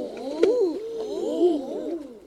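Common eider cooing, several overlapping low wavering moans that rise and fall.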